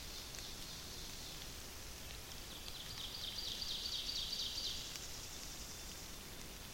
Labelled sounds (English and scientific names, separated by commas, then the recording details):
Ovenbird (Seiurus aurocapilla) song
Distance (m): 85 m
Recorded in boreal forest in Alberta, Canada, on 28 May 2016 at 07:05
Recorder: SongMeter 3, array SBT-3-49
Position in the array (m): 28 m, 180 m
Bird 15